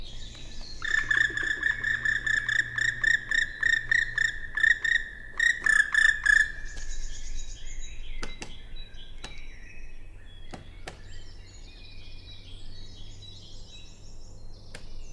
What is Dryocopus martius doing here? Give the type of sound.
flight call